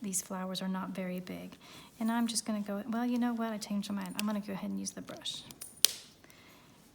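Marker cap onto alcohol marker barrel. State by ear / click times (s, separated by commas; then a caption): seated / 5.8 s. A plastic cap is pushed onto the barrel of an alcohol marker and clicks shut at 5.8 s, a single sharp click after someone talks. The cap is seated and the marker is clicked closed, as the markers must be.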